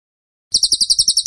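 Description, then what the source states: Bird begins abruptly with a quick series of sharp, high chirps repeated about every tenth of a second after a short silence. Masteran (training) recording of a bird singing vigorously (gacor) in the tembakan style.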